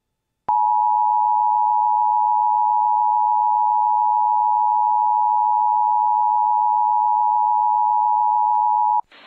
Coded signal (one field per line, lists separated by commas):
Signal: Emergency Alert System (SAME) tones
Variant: 853 and 960 Hz attention tone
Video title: WHO-AM COVERS THE TORNADOES... EAS Alerts from 5/21/24 (EAS #4,268 - 4,291)